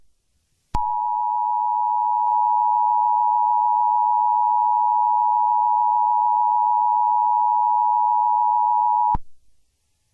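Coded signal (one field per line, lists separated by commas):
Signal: Emergency Alert System (SAME) tones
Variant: 853 and 960 Hz attention tone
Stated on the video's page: Mock tornado warning EAS alert with simulated tones.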